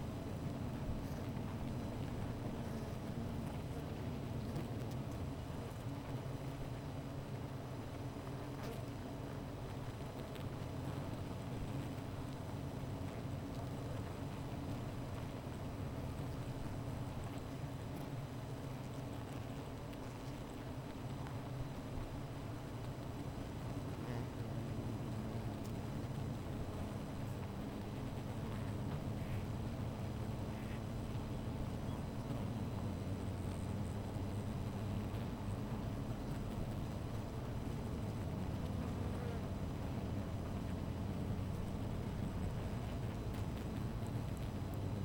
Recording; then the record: honeybee colony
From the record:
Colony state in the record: missing queen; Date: 14 July 2017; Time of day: 16:00